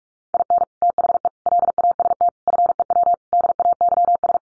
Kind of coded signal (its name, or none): Morse code